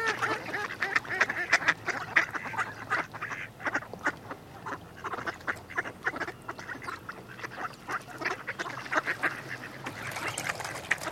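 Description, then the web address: Mallard calls, a busy chorus of quacks and short nasal notes from several ducks, with soft clicks and rustling throughout. Males and females. "BBC Ducks"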